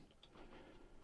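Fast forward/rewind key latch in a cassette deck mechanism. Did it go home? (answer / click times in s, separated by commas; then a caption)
no / none. The fast forward/rewind key is pressed on the seized cassette mechanism of a Hitachi TRK-8050 radio cassette being repaired with new belts. A brief sharp tick at about 0.2 s stands out over low, steady mechanical noise. The key has not latched yet.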